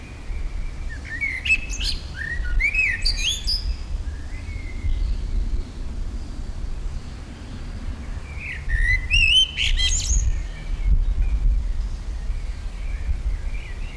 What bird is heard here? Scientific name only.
Turdus merula